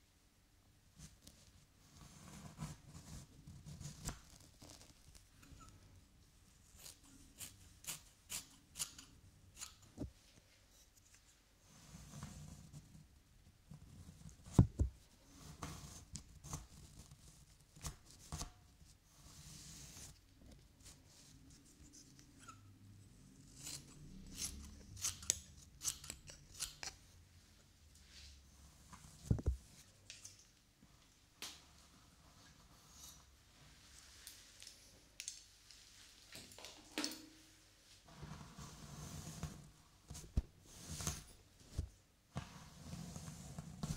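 Hair being brushed, with repeated sharp bristly strokes that come in irregular bursts throughout. Each stroke is a quick, crisp snap over a soft low rustle. A few louder strokes stand out near 15 and 29 seconds, and the pace picks up toward the end.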